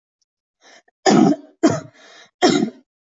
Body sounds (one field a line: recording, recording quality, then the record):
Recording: heavy voluntary cough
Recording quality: excellent, no background noise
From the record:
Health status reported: healthy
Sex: female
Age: 22 years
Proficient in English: yes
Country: India